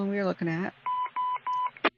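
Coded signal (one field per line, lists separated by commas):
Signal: none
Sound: computer interface beeps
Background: speech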